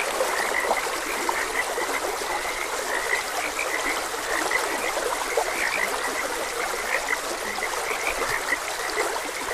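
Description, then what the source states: Frog chorus of brief, repeated croaking notes scattered throughout, with flowing water trickling steadily underneath. Frogs croaking beside a gentle stream.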